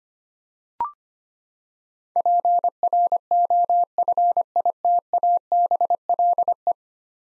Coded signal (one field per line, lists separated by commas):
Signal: Morse code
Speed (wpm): 25 wpm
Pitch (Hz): 700 Hz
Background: none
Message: PROFITABLE